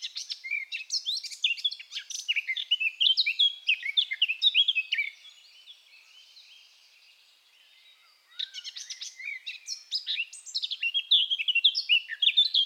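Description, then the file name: Eurasian blackcap song in two long bursts of hurried, varied warbling with clear whistled phrases, separated by a roughly three-second quiet gap. "Sylvia atricapilla"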